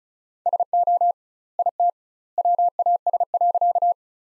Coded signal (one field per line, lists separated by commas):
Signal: Morse code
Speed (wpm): 34 wpm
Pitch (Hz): 700 Hz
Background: none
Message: SO IT WAS.